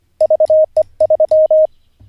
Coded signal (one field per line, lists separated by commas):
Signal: Morse code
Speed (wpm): 25 wpm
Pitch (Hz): 620 Hz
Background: none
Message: VE3